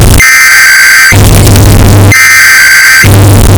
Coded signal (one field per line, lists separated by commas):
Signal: Emergency Alert System (SAME) tones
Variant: header bursts